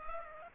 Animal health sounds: mosquito wingbeat signal from an infrared sensor; Culex pipiens

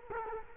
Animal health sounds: mosquito wingbeat signal from an infrared sensor; Culex quinquefasciatus

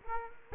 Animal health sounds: mosquito wingbeat signal from an infrared sensor; Culex quinquefasciatus

